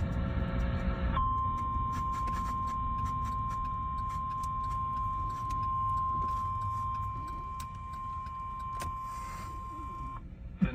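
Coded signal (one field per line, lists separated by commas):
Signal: Emergency Alert System (SAME) tones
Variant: 1050 Hz attention tone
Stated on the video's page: Real severe weather alerts from weather radio.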